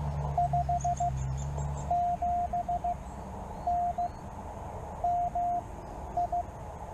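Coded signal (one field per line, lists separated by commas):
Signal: Morse code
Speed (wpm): 16 wpm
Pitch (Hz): 700 Hz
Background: radio noise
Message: 57N MI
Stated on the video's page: CW from a solo Parks on the Air activation, using an end-fed half-wave antenna on a travel mast.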